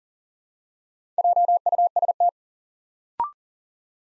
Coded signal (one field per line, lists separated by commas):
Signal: Morse code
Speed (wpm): 40 wpm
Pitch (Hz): 700 Hz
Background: none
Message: JUST